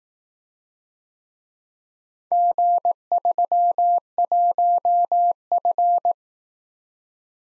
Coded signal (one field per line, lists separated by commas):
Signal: Morse code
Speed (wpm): 19 wpm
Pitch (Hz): 700 Hz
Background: none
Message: G31F